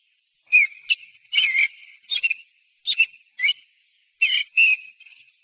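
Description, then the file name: Thrush singing a steady series of brief, clear whistled and scratchy phrases, each lasting a fraction of a second, separated by short gaps. "zorzal"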